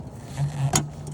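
On a 2007 Kia Spectra, the metal wire retainer clip that holds the headlight bulb in the car's headlight housing is swung over and pushed into its catch. It gives a sharp, bright snap at 0.8 s over a steady low hum, followed by a faint tick at 1.1 s. The clip snaps home, seated.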